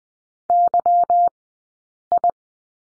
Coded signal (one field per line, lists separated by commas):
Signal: Morse code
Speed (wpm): 20 wpm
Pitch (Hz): 700 Hz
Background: none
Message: YI